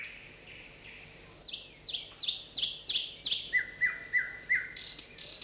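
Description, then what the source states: Bird chirping in a lively series, sharp descending whistled notes repeated about three times per second, followed by lower slurred chirps, over faint background hiss. In forest.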